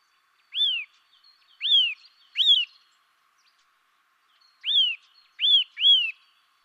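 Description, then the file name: Eurasian nuthatch giving six ringing, slurred whistles, three in a quick group, a pause, then three more, against a quiet background. "Sitta europaea"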